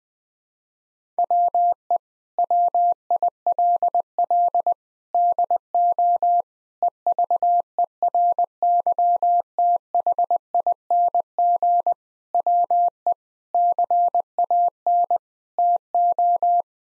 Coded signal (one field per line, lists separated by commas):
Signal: Morse code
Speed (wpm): 20 wpm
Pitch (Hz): 700 Hz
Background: none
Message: WE WILL DO EVERYTHING WE CAN TO